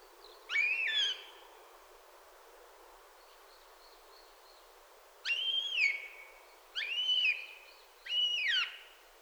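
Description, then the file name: Eurasian jay giving nasal mewing calls, each rising then falling: one early, then three in quick succession after a pause. "Garrulus glandarius"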